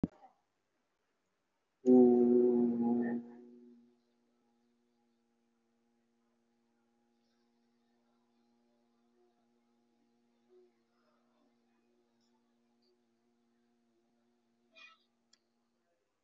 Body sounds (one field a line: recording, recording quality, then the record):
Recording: sustained vowel as in boot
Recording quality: excellent, no background noise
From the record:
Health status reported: recovered from COVID-19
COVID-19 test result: positive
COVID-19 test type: RT-PCR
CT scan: taken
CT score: 0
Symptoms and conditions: cold, muscle pain, pneumonia, another respiratory illness, another condition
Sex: male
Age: 33 years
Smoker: no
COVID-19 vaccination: both doses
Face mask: worn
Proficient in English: yes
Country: India